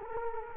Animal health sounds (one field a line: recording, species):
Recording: mosquito wingbeat signal from an infrared sensor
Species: Culex quinquefasciatus